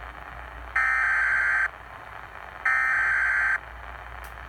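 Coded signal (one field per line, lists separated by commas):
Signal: Emergency Alert System (SAME) tones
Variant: header bursts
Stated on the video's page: Severe Thunderstorm Warning received on AM radio.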